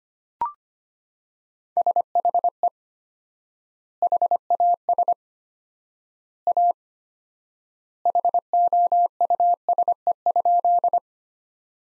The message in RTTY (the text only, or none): none